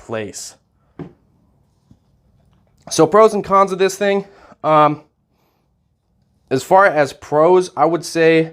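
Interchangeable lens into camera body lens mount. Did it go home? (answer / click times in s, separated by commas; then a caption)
yes / 1.0 s. A Micro Four Thirds lens is fitted onto the lens mount of a Blackmagic Pocket Cinema 4K camera and snaps into place with a sharp click at 1.0 s. The lens is seated. Someone talks before and after the click.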